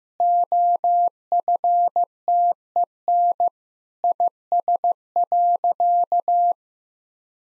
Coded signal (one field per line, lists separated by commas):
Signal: Morse code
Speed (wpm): 14 wpm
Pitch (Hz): 700 Hz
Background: none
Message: OFTEN IS.